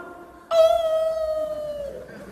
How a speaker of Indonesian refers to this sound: Kenapa kalau azan berkumandang suara anjing melolong? Oh, karena anjing-anjing melihat setan pada kabur.